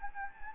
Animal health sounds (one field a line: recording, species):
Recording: mosquito wingbeat signal from an infrared sensor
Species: Anopheles gambiae